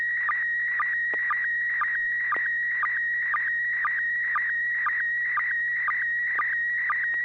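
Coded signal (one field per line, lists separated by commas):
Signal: SSTV (slow-scan television)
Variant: PD120 mode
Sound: warbling tone around 1.9 kHz, clicking lower blip about twice each second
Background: low hum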